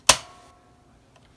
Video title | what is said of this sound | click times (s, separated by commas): HSN Haul, Demo and Product Review from NE Ohio | hear the click so then you know it's in there now | 0.1 s